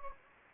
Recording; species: mosquito wingbeat signal from an infrared sensor; Anopheles gambiae